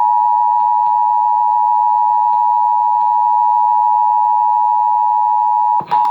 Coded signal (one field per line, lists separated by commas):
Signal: Emergency Alert System (SAME) tones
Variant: 853 and 960 Hz attention tone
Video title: Required Monthly Test on WESC-FM (EAS #109)